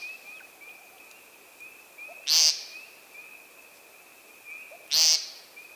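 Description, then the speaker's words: American Woodcock peent calls, two loud buzzy nasal notes about two and a half seconds apart, over a steady high background tone. Male giving buzzy peent calls from a ground display area on early spring evenings in the East. "We hear buzzy peent calls from a display area on the ground."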